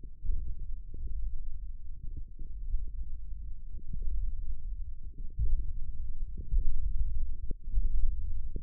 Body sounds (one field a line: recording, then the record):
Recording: forearm muscle sounds (acoustic myography)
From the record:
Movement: tripod grip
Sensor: system 1, eight BSWA MPA416 microphones around the upper forearm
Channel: 5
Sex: female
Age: 20 years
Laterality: right